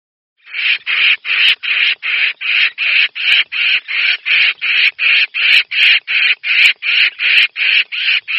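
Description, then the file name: Red-whiskered bulbul delivering a steady, fast series of harsh, buzzy rasps, nearly three per second, evenly spaced throughout. Distress call; the bird is calling for help. "Tieng chao mao keu cuu"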